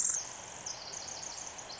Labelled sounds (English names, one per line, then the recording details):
Pacific Wren
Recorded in Sonoma County, California